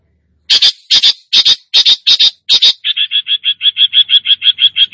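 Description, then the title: Long-tailed shrike song: six harsh, buzzy bursts, then a fast, even series of short chattering notes. Described as "gacor", meaning singing actively and vigorously. "Cendet Gacor"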